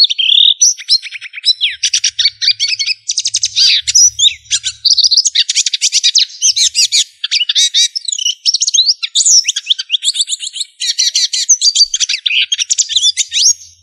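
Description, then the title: Bird song, a long lively stream of high twittering, chattering and whistled notes, fast and varied, nearly continuous throughout. "LuckyPassaros CompletosSama"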